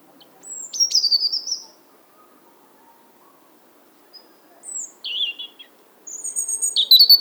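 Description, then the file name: European robin song: sparse high thin whistles and a few slurred descending notes with long quiet gaps between them. "Erithacus rubecula"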